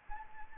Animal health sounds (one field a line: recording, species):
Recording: mosquito wingbeat signal from an infrared sensor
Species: Anopheles arabiensis